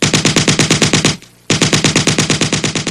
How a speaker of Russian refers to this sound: Резкий и гулкий треск длиннющей очереди поставил точку всем тихим перешептываниям и разговорам.